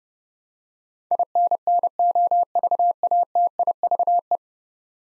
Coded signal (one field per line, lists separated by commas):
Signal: Morse code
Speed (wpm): 30 wpm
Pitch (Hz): 700 Hz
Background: none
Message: INNOVATIVE